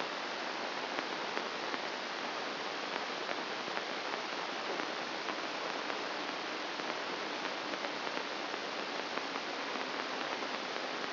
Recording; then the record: brain microelectrode recording played as sound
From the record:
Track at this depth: inside the subthalamic nucleus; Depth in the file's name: 0.506 mm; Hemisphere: left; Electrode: 2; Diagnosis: Parkinson's disease